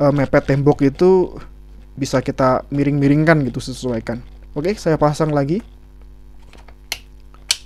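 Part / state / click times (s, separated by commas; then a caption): interchangeable drill head onto cordless drill body / seated / 7.5 s. Someone talks, then refits an interchangeable head onto the body of a Milwaukee 2505-20 M12 cordless 4-in-1 drill. Faint ticks lead to two loud, sharp hits near the end, and the head locks on firmly with a click at 7.5 s.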